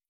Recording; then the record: hydrophone in a shrimp aquaculture tank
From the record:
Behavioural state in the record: stressed